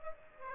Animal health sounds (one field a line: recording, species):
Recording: mosquito wingbeat signal from an infrared sensor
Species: Aedes aegypti